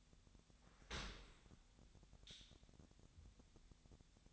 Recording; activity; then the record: daily activity, microphone in the room; open dishwasher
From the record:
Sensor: 3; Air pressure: 1006.7 hPa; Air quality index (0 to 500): 208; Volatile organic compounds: 19 ppm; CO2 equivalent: 2651 ppm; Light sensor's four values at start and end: 10/25/10/10 and 10/25/10/10